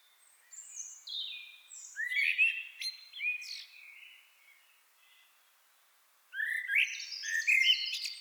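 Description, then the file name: Common blackbird song: a fluted whistled phrase ending in scratchy twitters, a brief silence, then a second phrase of high chattering notes. "Turdus merula"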